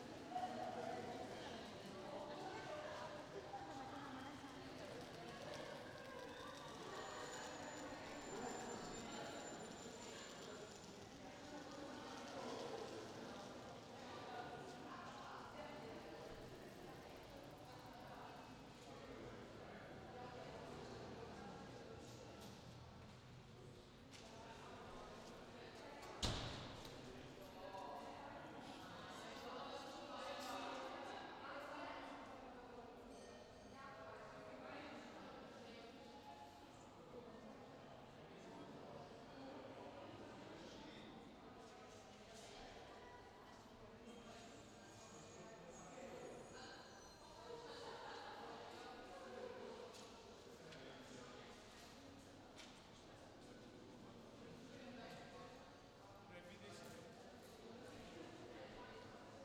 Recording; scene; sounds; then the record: everyday scene through a hearing-aid microphone; reverberant space; background noise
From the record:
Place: railway station hall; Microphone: in the ear canal, left